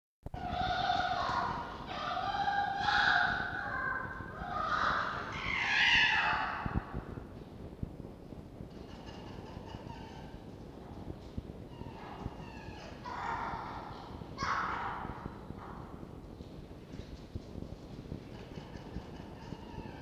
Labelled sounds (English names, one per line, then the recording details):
Red Fox
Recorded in captivity
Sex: group
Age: adult
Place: Zoologisches Institut der HUB, Berlin, DE
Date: 1952-04-27 12:10
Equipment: Elmetra
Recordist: Tembrock, Günter